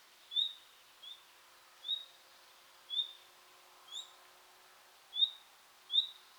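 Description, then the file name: Common nightingale calling with short high whistles, seven notes at slightly uneven intervals, some sharper and some softer, over faint steady background hiss. "Luscinia megarhynchos"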